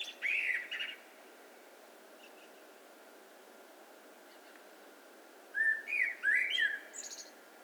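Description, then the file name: Eurasian blackbird singing: a phrase ends just after the start, then a fresh phrase of mellow whistled notes with a thin high twittering tail follows after a long pause, over constant hiss. "Turdus merula"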